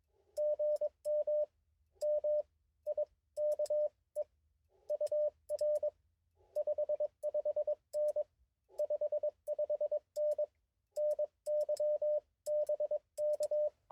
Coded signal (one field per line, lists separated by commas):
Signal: Morse code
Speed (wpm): 21 wpm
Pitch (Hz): 590 Hz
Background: radio noise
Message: GM MIKE UR 55N 55N NY BK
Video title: QRP CQ POTA at Oakley Corners State Forest with the IC 705